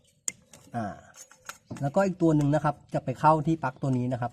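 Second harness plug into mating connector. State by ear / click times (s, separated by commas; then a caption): not seated / none. Someone talks while handling the second plastic harness connector, a male plug, toward its female mating plug during the installation of a Dinobox electric throttle box on a Raptor 2. A brief sharp tick is heard at 0.3 s and a faint one at 0.5 s over the talking. Nothing has seated or clicked yet.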